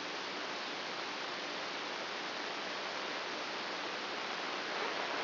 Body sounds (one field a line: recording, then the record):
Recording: brain microelectrode recording played as sound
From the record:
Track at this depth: inside the subthalamic nucleus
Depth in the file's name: 2.005 mm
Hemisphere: right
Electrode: 2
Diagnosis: Parkinson's disease